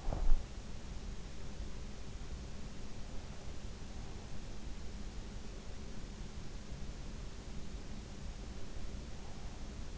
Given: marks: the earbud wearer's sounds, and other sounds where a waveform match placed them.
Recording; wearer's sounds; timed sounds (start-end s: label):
sounds in sleep by an in-ear microphone; teeth grinding
0.00-0.27 s: teeth grinding